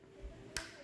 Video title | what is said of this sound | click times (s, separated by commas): Roof Rack Cross Bars Installation on Lexus NX #automotive #lexus #mechanic #diy #mechanic #pro | wrap it around tied in until it clicks | 0.6 s